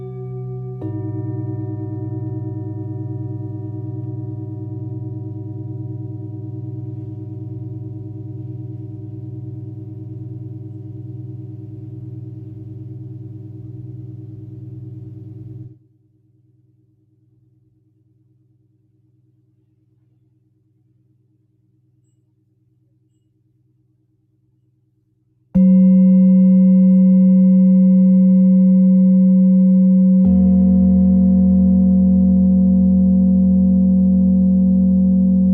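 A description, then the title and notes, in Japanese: Singing bowls ring in long, steady tones, the first struck at the start and fading slowly until about 16 seconds. A near-silent pause follows with a faint low hum. At around 25 seconds a louder, brighter bowl sounds, joined by another tone near 30 seconds. メキシコから シンギングボウルのサウンドヒーリング ライブ。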